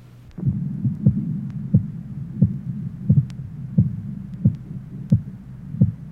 Pistol shot sounds over the femoral artery. Age 38, rheumatic heart disease with aortic insufficiency.